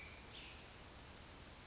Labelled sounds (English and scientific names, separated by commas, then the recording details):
Black-headed Grosbeak (Pheucticus melanocephalus)
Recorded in Sonoma County, California